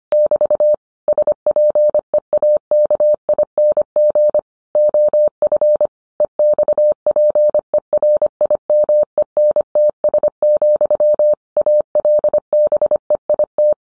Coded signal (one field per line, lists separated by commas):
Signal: Morse code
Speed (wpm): 25 wpm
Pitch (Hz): 600 Hz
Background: none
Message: <BT> SPEAKING OF EXPERIMENTS, ALBEIT